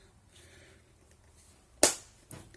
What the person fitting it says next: avete sentito il clac, adesso è perfettamente rimontato come prima.